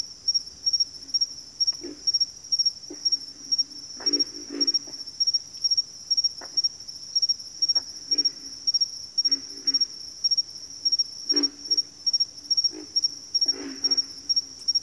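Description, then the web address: Scattered pig frog grunts, low and guttural, some in doubled bursts, beneath a persistent regular high-pitched insect chirping. "Nature Sounds Sounds of Nature Collection Pig Frogs"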